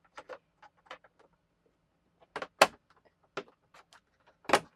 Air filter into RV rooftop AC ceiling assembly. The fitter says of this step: All right, so let's get this filter on. It just snaps right into place.